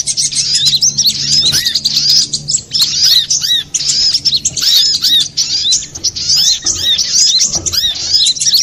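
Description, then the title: Little spiderhunter singing a fast chatter of piercing high chirps and downslurred notes in bursts, with short pauses between them. Master recording for training cage birds, labelled Labaik. "Masteran Burung Sogok Ontong Labaik"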